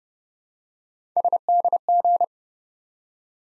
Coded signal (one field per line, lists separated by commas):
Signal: Morse code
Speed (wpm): 30 wpm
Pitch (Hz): 700 Hz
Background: none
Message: SDG